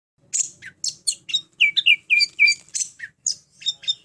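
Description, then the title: Orange-headed thrush song: a rapid, varied run of high, sharp whistled notes and short slurred phrases, some dropping in pitch, delivered almost continuously with brief gaps. "anis_merah"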